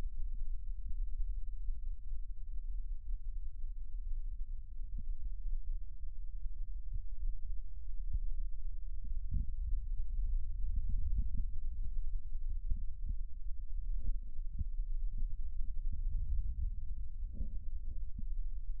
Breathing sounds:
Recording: lung sounds by stethoscope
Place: right anterior apical chest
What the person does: quiet breathing, then deep breathing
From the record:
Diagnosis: COPD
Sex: male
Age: 70 years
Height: 183 cm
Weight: 116 kg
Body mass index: 34.6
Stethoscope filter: bell mode

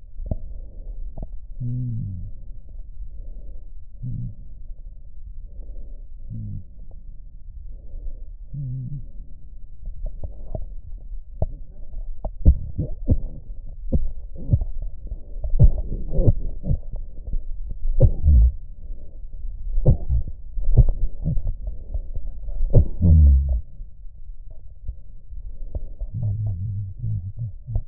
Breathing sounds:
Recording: lung sounds by stethoscope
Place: left posterior apical chest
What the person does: quiet breathing, then cough and speech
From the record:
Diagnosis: pulmonary infection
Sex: male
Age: 69 years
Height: 184 cm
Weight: 115 kg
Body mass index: 34.0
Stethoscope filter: extended mode

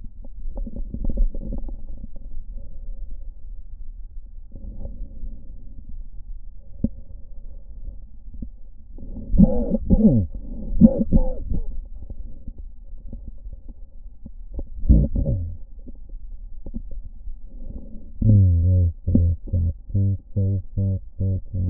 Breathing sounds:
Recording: lung sounds by stethoscope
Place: right posterior basal chest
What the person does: quiet breathing, then cough and speech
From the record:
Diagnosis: none (healthy)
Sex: male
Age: 34 years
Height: 174 cm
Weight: 93 kg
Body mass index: 30.7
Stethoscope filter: diaphragm mode

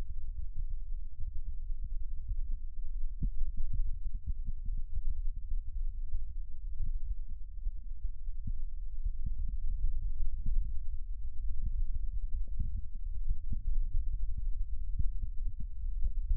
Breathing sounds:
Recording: lung sounds by stethoscope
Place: left anterior apical chest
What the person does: quiet breathing, then deep breathing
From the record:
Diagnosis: COPD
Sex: male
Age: 70 years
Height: 174 cm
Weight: 94 kg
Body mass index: 31.0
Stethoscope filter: bell mode

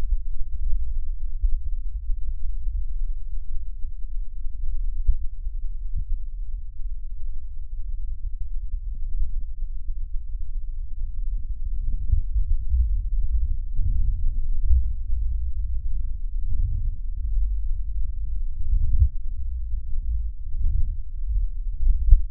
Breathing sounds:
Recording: lung sounds by stethoscope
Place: left posterior basal chest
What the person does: quiet breathing, then deep breathing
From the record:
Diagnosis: interstitial lung disease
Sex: male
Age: 82 years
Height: 158 cm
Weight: 49 kg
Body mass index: 19.6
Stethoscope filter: bell mode

